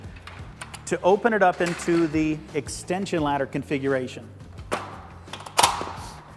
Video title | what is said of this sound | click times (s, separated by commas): JUMBO GIANT Conquest Aluminium - Telescopic Multi-Use Ladder | again make sure that the hinge is fully seated and locked into place | 5.6 s